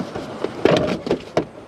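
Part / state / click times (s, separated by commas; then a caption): rear seat back latch into car body striker / seated / 1.4 s. The folded rear seat back of a 2011 Volvo C30 T5 hatchback is pulled forward by its seat belts and pushed back upright, with muffled thumps and rustling and a softer knock near 1.1 seconds. A sharp clack at 1.4 seconds is the seat back's latch locking into the car body striker, and the seat back is latched upright.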